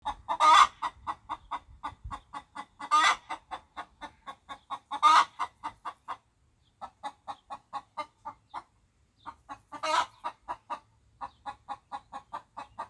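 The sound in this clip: Chicken clucking in steady rapid pulses, with loud squawking cackles breaking in every two to three seconds and once more after a longer gap.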